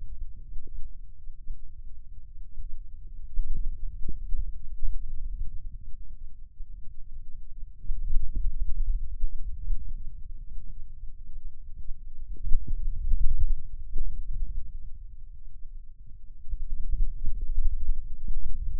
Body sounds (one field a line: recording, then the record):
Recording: forearm muscle sounds (acoustic myography)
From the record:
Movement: hand closing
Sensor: system 2, bracelet of six BSWA MPA416 microphones around the upper forearm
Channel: 1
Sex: male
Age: 22 years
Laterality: right